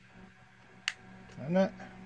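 A tiny Phillips screwdriver unscrews a small keyboard retaining screw in the base of a T450 laptop, and the screw clicks free with a sharp click at 0.9 s. Someone talks just after the click, and the screw is released.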